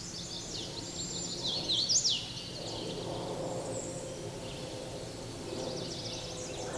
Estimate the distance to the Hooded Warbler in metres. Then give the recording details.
about 15 m. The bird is about 10 m above the microphone. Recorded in a Pennsylvania forest on 16 May 2024 at 08:05. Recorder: AudioMoth, point MSD-2181. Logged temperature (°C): 12.8 °C. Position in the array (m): 163 m, 105 m